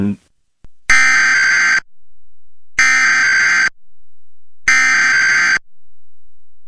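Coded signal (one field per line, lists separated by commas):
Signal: Emergency Alert System (SAME) tones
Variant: header bursts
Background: speech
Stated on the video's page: Required Monthly Test for all of Nebraska issued by civil authorities, originating from a CAP alert.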